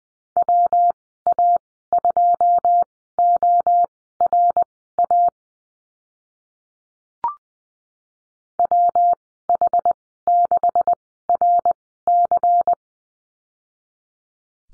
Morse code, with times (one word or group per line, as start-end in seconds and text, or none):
0.4-5.3 WA2ORA
8.6-12.7 WH6RC